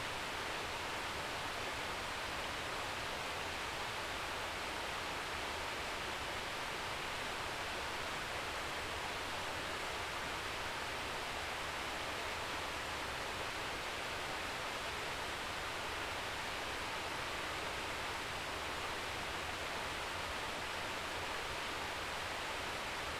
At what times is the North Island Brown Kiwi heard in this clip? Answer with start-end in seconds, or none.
none